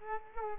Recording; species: mosquito wingbeat signal from an infrared sensor; Culex quinquefasciatus